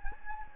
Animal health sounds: mosquito wingbeat signal from an infrared sensor; Anopheles gambiae

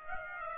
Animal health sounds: mosquito wingbeat signal from an infrared sensor; Aedes aegypti

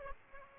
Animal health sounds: mosquito wingbeat signal from an infrared sensor; Aedes aegypti

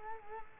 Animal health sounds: mosquito wingbeat signal from an infrared sensor; Culex quinquefasciatus

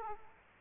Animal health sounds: mosquito wingbeat signal from an infrared sensor; Culex quinquefasciatus

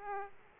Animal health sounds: mosquito wingbeat signal from an infrared sensor; Aedes aegypti

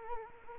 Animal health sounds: mosquito wingbeat signal from an infrared sensor; Culex quinquefasciatus

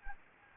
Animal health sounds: mosquito wingbeat signal from an infrared sensor; Anopheles gambiae

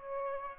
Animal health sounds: mosquito wingbeat signal from an infrared sensor; Aedes aegypti

